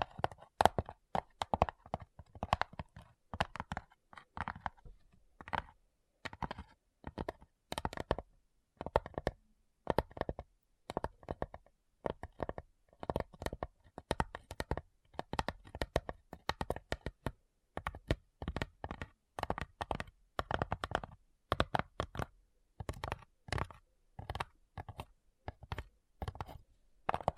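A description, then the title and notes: Quick, crisp tapping in bursts with short pauses, each tap sharp and clicky like keyboard keys, continuing steadily throughout. ASMR Addictive Tapping.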